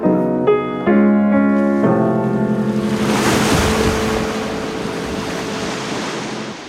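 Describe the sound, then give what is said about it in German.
A few sustained musical chords give way to a steady, rushing wash of water as a sailing boat with creased, dirty sails crawls over an oily ocean swell toward Langeoog at a cold, misty dawn in a light breeze, a broad hiss of sea noise with no voices. “Unsere faltigen und schmutzigen Segel reagierten kaum darauf, als wir über die ölige Dünung nach Langeoog krochen.”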